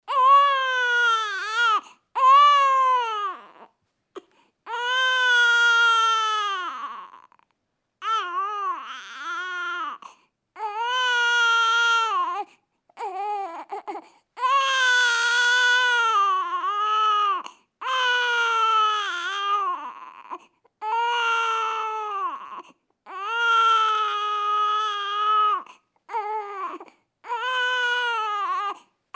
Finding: Baby crying.